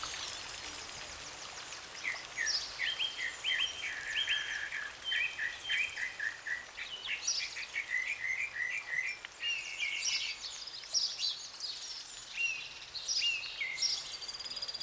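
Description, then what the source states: Songbirds singing quick, varied phrases of high chirps and trills, with soft rain hiss underneath. Songbirds in a deep forest during a rain shower.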